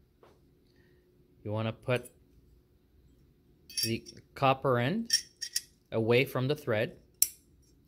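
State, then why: Seated. A hose fitting is pushed onto the food machine's water connection, with the copper end away from the thread, while someone talks. A sharp metallic click is heard at 7.2 seconds as the fitting seats nice and tight.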